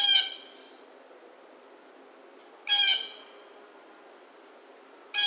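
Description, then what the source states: Blue jay giving harsh, nasal calls: one ending at the start, a full call, and another starting at the end about two and a half seconds later, over a steady high drone. Recorded on 1 August 2009.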